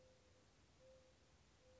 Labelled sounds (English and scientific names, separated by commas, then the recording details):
Mourning Dove (Zenaida macroura)
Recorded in Sonoma County, California